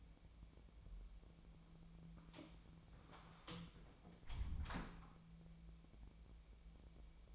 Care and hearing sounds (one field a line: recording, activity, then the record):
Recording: daily activity, microphone in the room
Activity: close door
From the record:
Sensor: 1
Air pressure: 1000.4 hPa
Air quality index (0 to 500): 181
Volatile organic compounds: 4 ppm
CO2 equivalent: 1671 ppm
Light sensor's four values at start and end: 12/29/12/14 and 12/28/12/13